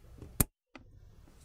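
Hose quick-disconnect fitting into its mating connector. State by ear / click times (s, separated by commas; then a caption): seated / 0.4 s. The two halves of a hose quick-disconnect fitting on a Flowmaster Delta Force cold air intake (615147) for a 2015-18 Ford F-150 5.0L are pushed together by hand. A single sharp, loud click at 0.4 s shows the fitting seating into its mating connector, followed by near silence and a much fainter tick at 0.8 s over low background noise.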